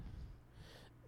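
A single brief, low, rumbling snort lasting about a second, with most of its energy deep in the bass. It is an adult's imitation of loud, rough snoring, not a real sleeper: mimicking the snoring of Mrs. Maisel's manager in The Marvelous Mrs. Maisel, a snore that sounds like she's dying.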